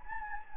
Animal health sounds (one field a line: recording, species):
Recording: mosquito wingbeat signal from an infrared sensor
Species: Anopheles gambiae